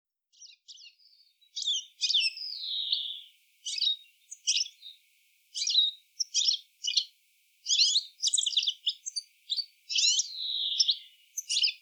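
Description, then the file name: European goldfinch twittering: rapid sparkling chirps with a few drawn-out nasal slurred notes mixed in, delivered in steady bursts over the whole stretch. "Carduelis carduelis"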